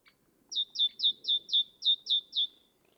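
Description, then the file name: Great tit singing a steady run of eight sharp two-part notes, each dropping in pitch, evenly spaced about four per second. "Parus major"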